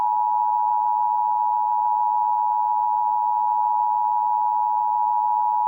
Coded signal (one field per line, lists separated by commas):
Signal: Emergency Alert System (SAME) tones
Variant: 853 and 960 Hz attention tone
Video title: EAS National Periodic Test – Xfinity (8/11/2021)